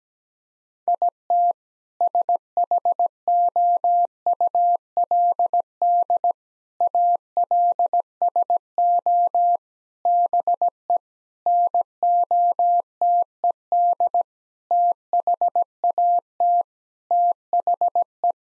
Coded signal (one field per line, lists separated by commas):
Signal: Morse code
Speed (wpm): 17 wpm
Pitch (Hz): 700 Hz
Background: none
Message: IT SHOULD ALSO BE NOTED THAT THE